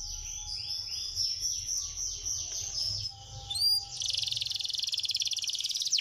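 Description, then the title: Bird song in rapid high trills and repeated descending sweeps, a loud whistled note near the middle, then a fast buzzy rattling trill to the end; faint low hum beneath. "Kicau Burung"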